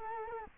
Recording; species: mosquito wingbeat signal from an infrared sensor; Culex quinquefasciatus